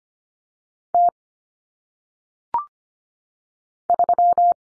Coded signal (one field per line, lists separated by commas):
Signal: Morse code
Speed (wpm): 25 wpm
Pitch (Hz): 700 Hz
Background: none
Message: T 3